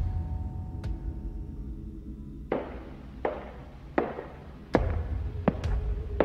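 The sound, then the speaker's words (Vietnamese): Footsteps in a slow, even rhythm, roughly six or seven dull thudding steps over a low background rumble, beginning after a quiet stretch with one faint tap. “Ok, tiếng bước chân. Tiếng bước chân của tôi đâu thôi? Anh đạo diễn cho em tiếng bước chân đi.”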